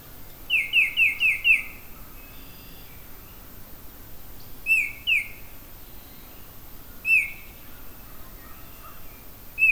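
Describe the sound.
Oriole with a rapid series of five falling whistled notes, then a pair, then single high slurred whistles spaced seconds apart.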